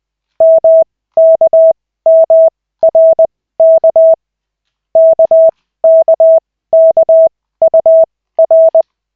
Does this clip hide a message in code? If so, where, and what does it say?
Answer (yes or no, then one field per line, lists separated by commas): yes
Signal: Morse code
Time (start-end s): 0.4-8.8 s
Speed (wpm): 20 wpm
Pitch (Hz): 650 Hz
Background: none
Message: MKMRK KKKUR